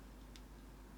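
A small plastic cable connector, its sleeving trimmed back where it was in the way, is handled at its socket on an FPV quad's electronics. A brief sharp tick at 0.4 s stands out over a steady low hum, but nothing has seated or clicked in yet.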